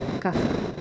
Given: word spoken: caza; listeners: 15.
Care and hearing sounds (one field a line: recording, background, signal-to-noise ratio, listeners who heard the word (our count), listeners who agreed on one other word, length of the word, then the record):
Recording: one Spanish word in noise, from a listening test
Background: noise modulated by three-talker babble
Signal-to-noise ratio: -4.2 dB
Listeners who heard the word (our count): 0 of 15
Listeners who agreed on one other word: 14 of 15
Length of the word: 0.41 s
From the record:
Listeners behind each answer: 14, 1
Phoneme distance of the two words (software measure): 10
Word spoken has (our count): 2 syllables, 4 phonemes, stress on syllable 1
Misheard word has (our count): 2 syllables, 4 phonemes, stress on syllable 1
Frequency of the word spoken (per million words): 25.39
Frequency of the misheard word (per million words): 56.04